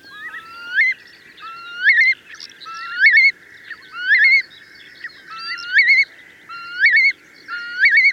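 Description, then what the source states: Eurasian Curlew calling, a rising, bubbling whistled phrase repeated about once a second, each note sliding upward and trilling at the end. Beautiful, melodious, sad call that sounds lovely over wide meadows.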